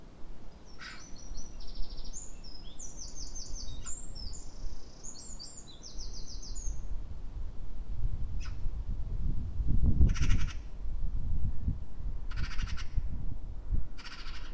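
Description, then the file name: Eurasian wren pouring out high, rattling trills for a few seconds, then three separate harsh churrs near the end, with a low rumble swelling midway. "Troglodytes troglodytes"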